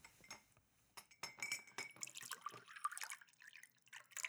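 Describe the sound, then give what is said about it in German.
Water is poured into a glass for a guest at a job interview, starting with a few glassy clinks, then a bright, splashing trickle whose pitch rises as the glass fills. No one speaks. “Ich nehme gerne ein Glas Wasser, bitte.”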